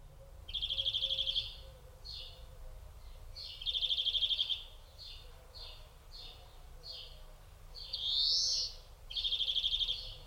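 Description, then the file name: European greenfinch delivering dry, buzzy trill bursts broken by short twitters, then one drawn-out wheeze rising in pitch before another trill. "Chloris chloris"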